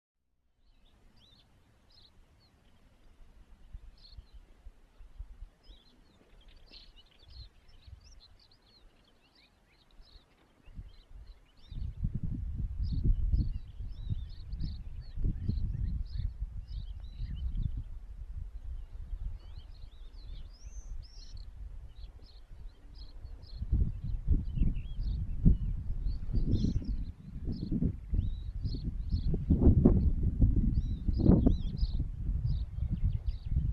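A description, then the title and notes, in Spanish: A spring countryside scene with frequent high bird chirps throughout, and bursts of low rumbling wind noise from about 11 seconds onward. Paisaje de Ciria (Soria), con castillo al fondo, en primavera.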